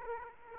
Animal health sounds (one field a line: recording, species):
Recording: mosquito wingbeat signal from an infrared sensor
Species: Aedes aegypti